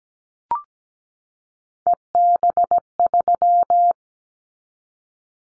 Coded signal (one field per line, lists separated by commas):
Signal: Morse code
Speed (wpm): 17 wpm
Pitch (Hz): 700 Hz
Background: none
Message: EB3